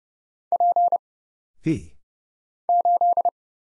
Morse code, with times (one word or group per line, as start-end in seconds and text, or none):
0.5-1.0 P
2.7-3.3 8